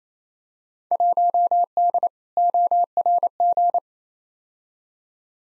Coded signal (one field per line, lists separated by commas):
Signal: Morse code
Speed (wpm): 28 wpm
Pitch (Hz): 700 Hz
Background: none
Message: 1D ORG